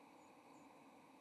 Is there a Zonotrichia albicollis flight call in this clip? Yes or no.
no